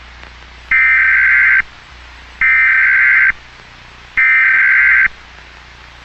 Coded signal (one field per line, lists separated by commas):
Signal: Emergency Alert System (SAME) tones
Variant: header bursts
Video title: EAS Scenario: THE ABOMINABLE. A Jurassic World Analog Horror/EAS Scenario.